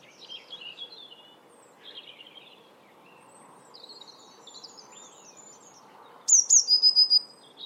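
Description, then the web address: Eurasian blue tit song of two sharp high notes and a fast trill at the end, after scattered high chirps, against faint background noise. "cianscape. Deverinetal"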